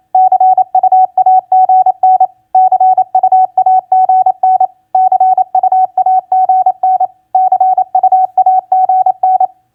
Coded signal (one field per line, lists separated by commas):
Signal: Morse code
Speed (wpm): 28 wpm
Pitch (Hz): 750 Hz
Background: none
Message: CUAGN CUAGN CUAGN CUAGN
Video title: Morse Code Practice QSO Elements Q5e TU-FB-CUAGN 28wpm